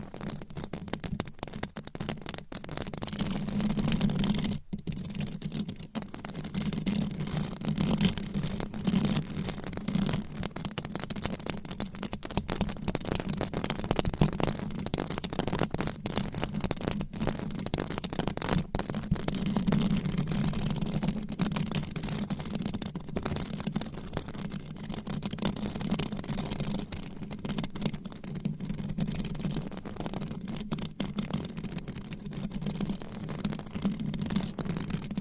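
Fast, aggressive scratching of nails across microphone covers, a dense, continuous rasp with no pauses. A steady low rumbling hum runs underneath throughout, swelling around 4–7 and 19–24 seconds, while brief sharp dropouts and clicks punctuate the scratching, notably near 5 and 19 seconds.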